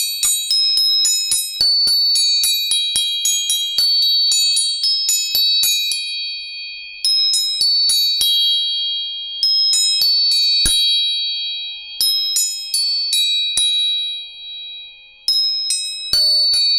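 Tuning forks are struck again and again in quick clusters, each tap a sharp metallic ping that leaves a steady, bright, high ringing tone hanging in the air. Brief pauses fall near 6, 12 and 15 seconds; the sound is close and otherwise quiet.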